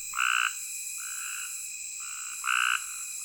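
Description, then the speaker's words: Cope's gray tree frog calls: short harsh buzzy trills from several frogs, one louder frog calling twice, over a steady high background hum. Small group calling at night in August from thick vegetation in a dry ditch near a prairie campground close to the Kansas border, outside breeding season, sounding almost as at breeding ponds. "Not far down the road from the campground, I discover a small group of Cope's gray tree frogs sounding off from thick vegetation in a dry ditch."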